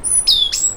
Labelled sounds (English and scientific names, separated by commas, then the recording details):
Stitchbird (Notiomystis cincta) song
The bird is a male
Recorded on Tiritiri Matangi Island, New Zealand, in 2005
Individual 12, of nest box 16